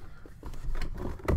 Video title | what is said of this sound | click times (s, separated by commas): Max Protection Comic Flip Box Assembly Instructions | just pop right out snaps right into place | 1.3 s